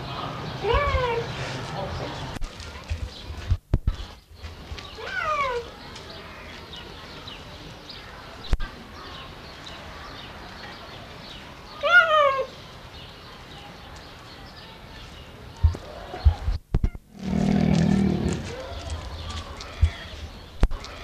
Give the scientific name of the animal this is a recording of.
Acinonyx jubatus